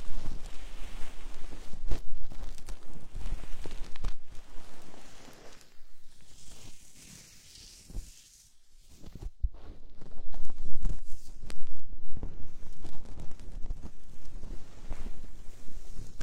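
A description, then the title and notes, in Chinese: Soft rubbing and brushing sounds of lace gloves massaging an ear, dense and scratchy with small sharp taps scattered throughout. The rubbing eases into a near-silent pause around six to nine seconds, then returns just as busy. 带着蕾丝手套，按摩你的小耳朵。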